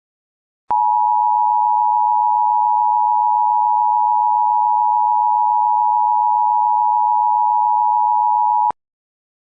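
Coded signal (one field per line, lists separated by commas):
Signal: Emergency Alert System (SAME) tones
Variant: 853 and 960 Hz attention tone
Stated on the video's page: Valid EAS tones in a fictional scenario about a wolf threat.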